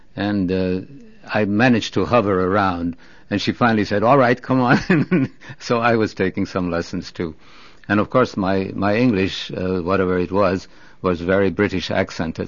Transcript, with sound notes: And, uh, I managed to hover around, and she finally said, "All right, come on." ( he laughs ) So I was taking some lessons, too. And, of course, my English, whatever it was, was very British accented.